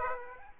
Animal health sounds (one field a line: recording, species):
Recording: mosquito wingbeat signal from an infrared sensor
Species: Aedes aegypti